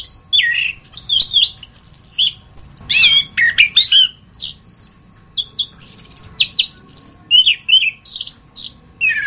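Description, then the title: Orange-headed thrush song of quick, varied notes: wavering whistles, sharp chips and buzzy fragments in a steady stream. "anis kembang"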